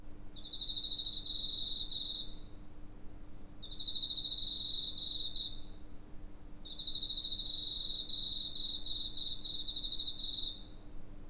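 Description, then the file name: Cricket trill: high, even pulsed trills about two to four seconds long, repeated three times with short gaps, over a steady low hum. Cricket recorded 30 August 2011. "cricket 20110830"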